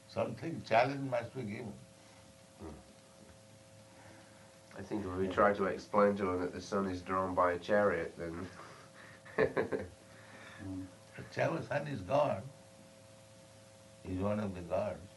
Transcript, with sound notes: Something, challenge must be given.
I think that when we try to explain to them that the sun is drawn by a chariot, then... [laughs] [indistinct]
sun is God. He's one of the gods.